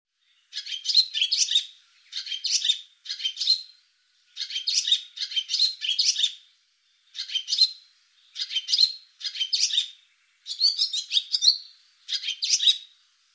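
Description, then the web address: Barn swallow giving short bursts of scratchy twittering notes, roughly one burst every second, with clear gaps between them. "cianscape birddata Deverinetal 2025"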